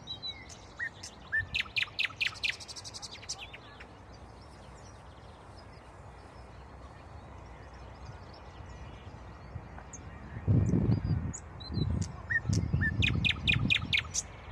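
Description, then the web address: Common nightingale song of repeated sharp notes in two phrases, with low thumping noises in the background near the end. "rossignol ordinaire chant du rossignol"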